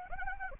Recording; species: mosquito wingbeat signal from an infrared sensor; Anopheles arabiensis